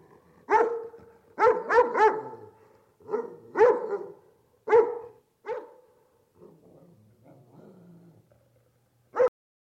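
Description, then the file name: Dog barking: a run of loud, sharp barks, some in quick succession, then softer sounds and one final bark after a pause. "cachorro latindo"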